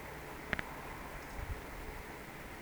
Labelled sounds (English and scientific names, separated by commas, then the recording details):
Eurasian Woodcock (Scolopax rusticola) whistle
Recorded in Baden-Württemberg, Germany, on 17 June 2020 at 20:13 UTC
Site 14569, 102 m above sea level